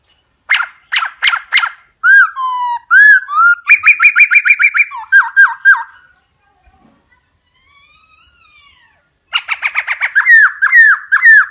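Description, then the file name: Laughingthrush singing varied phrases: sharp chips, looping whistles, then a quick run of repeated notes before a lull and another burst. Song in the 'giọng rừng' (wild voice) style. "Tieng khuou hot giong rung"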